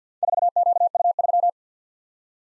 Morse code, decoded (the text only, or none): 4QU3